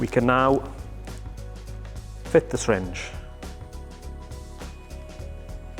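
A bleed syringe is brought up to the bleed port of a hydraulic brake caliper and lined up before being pushed home, while someone talks over background music. Small handling noises are heard, and the syringe has not yet clicked into the port.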